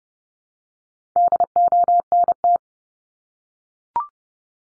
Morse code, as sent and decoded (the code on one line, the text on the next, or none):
-.. --- -. -
DONT